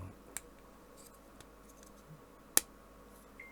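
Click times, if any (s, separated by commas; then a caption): 2.6 s. A small plastic model-kit part for the remote control is lined up on its holes and pushed onto the model remote-control housing. A faint tick is heard at about 0.4 s and light handling noise follows, then a sharp, bright snap at 2.6 s as the part clicks firmly into place.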